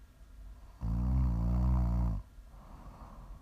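A single loud, low, rumbling snore from an adult sleeper, lasting over a second, followed by quiet breathing noise.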